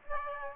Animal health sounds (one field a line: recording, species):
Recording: mosquito wingbeat signal from an infrared sensor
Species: Aedes aegypti